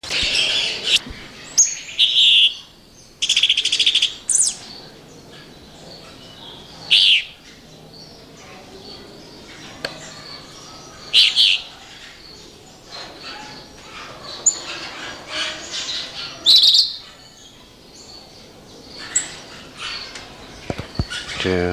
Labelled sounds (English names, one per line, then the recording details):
Orange-bellied Euphonia song
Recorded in captivity
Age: adult
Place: Zoo Berlin, Berlin, DE
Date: 1986-04-16 11:45
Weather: sunny, 12°C
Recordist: Tembrock, Günter
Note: Diverse Laute